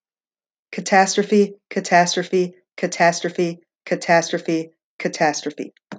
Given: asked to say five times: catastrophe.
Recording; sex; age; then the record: repeated word; female; 40 to 49 years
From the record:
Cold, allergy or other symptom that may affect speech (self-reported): no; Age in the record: 46 years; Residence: Florida, United States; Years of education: 18